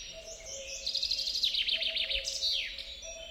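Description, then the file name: Common chaffinch singing one brisk phrase of rapid repeated notes, ending with a sharp downward flourish; faint constant hum beneath. "Fringilla coelebs"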